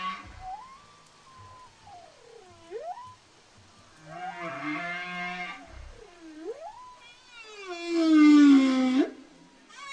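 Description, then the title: Whale calls: long tonal moans that sweep down and back up, separated by pauses, ending with a louder, rougher, buzzy low call near the end. Recorded at Península Valdés. "Ballenas PenÃnsula ValdÃ©s"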